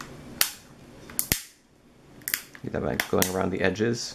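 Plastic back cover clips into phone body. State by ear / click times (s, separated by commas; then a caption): seated / 0.4 s, 1.2 s, 1.3 s, 2.3 s. The plastic back cover of a Google Nexus 5 phone, reassembled after a battery replacement, is pressed back onto the phone body so its edge clips snap in one after another. Sharp clicks are heard at 0.4, 1.2, 1.3 and 2.3 seconds while someone talks, and the cover is seated.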